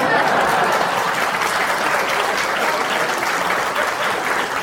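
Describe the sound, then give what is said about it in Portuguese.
A stand-up comedy audience claps steadily for the performer, a dense wash of applause holding at an even, loud level for several seconds with no one speaking over it. “Essa foi boa, aplausos para mim.”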